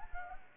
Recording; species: mosquito wingbeat signal from an infrared sensor; Anopheles gambiae